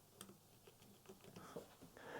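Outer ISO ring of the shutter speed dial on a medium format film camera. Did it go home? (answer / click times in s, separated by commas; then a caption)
yes / 0.2 s. The outer metal ISO ring on the shutter speed dial of a Mamiya 6 medium format film camera is lifted, rotated to set the ISO, and let drop back into place. A sharp click at 0.2 s marks it locking in, followed by softer handling ticks and rustles. The ring is seated and locked.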